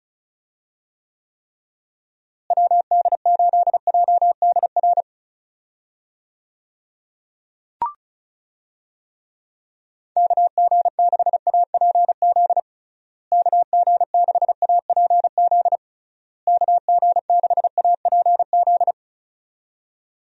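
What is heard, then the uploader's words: A steady mid-pitched tone keys on and off in quick Morse dots and dashes, sending the call sign in four bursts of about two and a half seconds each, separated by silence. A single sharp click sounds during the gap near eight seconds. USA Call Signs - 6 Characters - Repeated 3x - 35wpm. First, the call sign is sent three times in Morse code.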